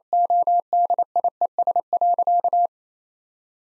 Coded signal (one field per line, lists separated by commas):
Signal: Morse code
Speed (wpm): 27 wpm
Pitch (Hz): 700 Hz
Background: none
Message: ODIES.